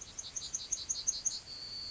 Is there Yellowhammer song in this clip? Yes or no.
yes